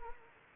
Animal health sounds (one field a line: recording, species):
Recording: mosquito wingbeat signal from an infrared sensor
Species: Anopheles gambiae